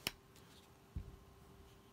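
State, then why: Seated. A Hot Wheels Star Wars die-cast toy TIE Fighter is pushed onto the peg of its plastic display stand, giving a sharp, bright click at 0.1 s as it seats, followed by a softer low thump near 1.0 s. The ship is seated on the stand and ready to display.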